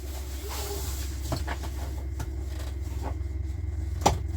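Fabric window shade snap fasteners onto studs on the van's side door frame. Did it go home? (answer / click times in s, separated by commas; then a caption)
yes / 1.3 s, 2.2 s, 4.1 s. Three snap fasteners at the top of a fabric window shade are pressed onto their studs on the side door frame of a 2024 Entegra Arc 18C camper van, behind its magnetic screen door. Sharp snaps are heard at 1.3 s, 2.2 s and 4.1 s over a steady low hum, with the last, hard-to-reach one the loudest. All three snap closed into place.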